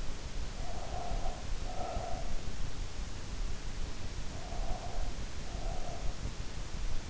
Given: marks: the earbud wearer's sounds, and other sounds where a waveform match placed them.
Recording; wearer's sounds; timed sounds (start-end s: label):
sounds in sleep by an in-ear microphone; breath
0.41-2.60 s: breath
4.24-6.26 s: breath